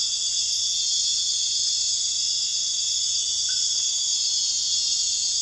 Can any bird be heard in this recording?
no